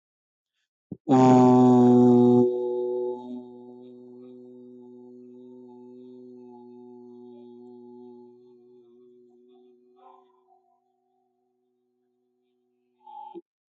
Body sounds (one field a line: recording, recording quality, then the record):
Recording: sustained vowel as in boot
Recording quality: excellent, no background noise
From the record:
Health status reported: healthy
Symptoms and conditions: none ticked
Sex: male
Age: 29 years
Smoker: yes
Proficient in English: yes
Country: India